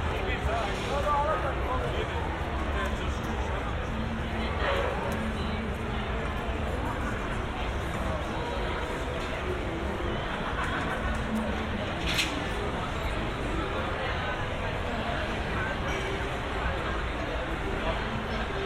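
A crowd at outdoor restaurants and bars in San Diego's Gaslamp Quarter keeps up a steady, dense babble of many overlapping voices. No single speaker stands out, and the level barely changes. A low, constant rumble sits underneath, with a brief sharp sound near twelve seconds.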